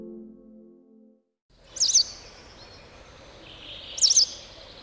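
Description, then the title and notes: White wagtail giving two high, sharp twittering calls about two seconds apart, each a quick doubled chirp, over a faint steady background hiss. "Västäräkki. Juha Laaksonen"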